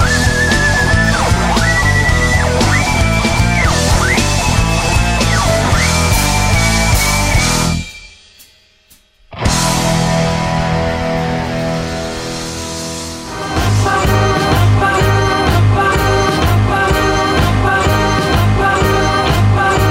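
A rock band song plays loud and dense, with a steady driving beat. It cuts out briefly to near silence partway through, then the full band kicks back in with rhythmic chords.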